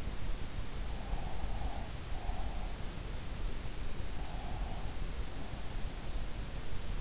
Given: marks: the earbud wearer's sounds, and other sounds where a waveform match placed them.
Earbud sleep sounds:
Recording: sounds in sleep by an in-ear microphone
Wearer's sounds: breath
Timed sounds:
1.06-2.52 s: breath
4.33-4.97 s: breath

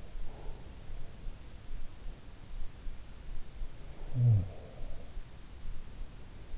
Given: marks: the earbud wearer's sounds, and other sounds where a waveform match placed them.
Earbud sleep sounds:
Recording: sounds in sleep by an in-ear microphone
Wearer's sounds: breath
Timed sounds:
0.00-1.19 s: sound from someone else or the room
0.23-1.19 s: breath
4.09-5.38 s: sound from someone else or the room

